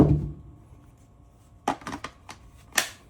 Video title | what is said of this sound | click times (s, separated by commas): ROYOBI ONE + 18V Blower Unboxing and Demo | Snaps in place, and there it is. | 2.8 s